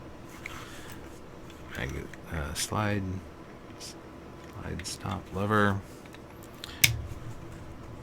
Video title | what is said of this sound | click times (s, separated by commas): Glock 42 walkthrough disassembly and reassembly | Retaining pin. Push down slide stop to get it through. Press till it clicks. | 6.8 s